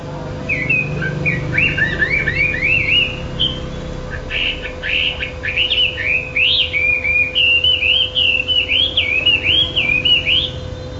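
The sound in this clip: Songbird singing a long run of whistled, warbling notes that rise and fall in quick succession, with a faint steady hum beneath.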